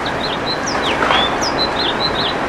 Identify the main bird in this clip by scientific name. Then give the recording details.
Haemorhous mexicanus. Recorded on Long Island, New York, on 21 June 2011. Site IT. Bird B